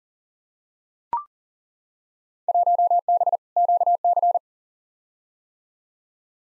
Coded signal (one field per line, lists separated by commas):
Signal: Morse code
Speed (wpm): 40 wpm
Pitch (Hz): 700 Hz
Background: none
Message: 1B QC